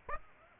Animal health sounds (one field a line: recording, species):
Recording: mosquito wingbeat signal from an infrared sensor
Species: Aedes aegypti